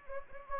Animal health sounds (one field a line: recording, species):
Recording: mosquito wingbeat signal from an infrared sensor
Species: Anopheles gambiae